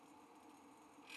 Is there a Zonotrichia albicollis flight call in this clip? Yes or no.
no